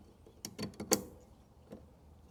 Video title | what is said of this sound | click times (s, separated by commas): 81 Corvette Ride Height and Doubling shift shaft seals. | I heard it click. | 0.9 s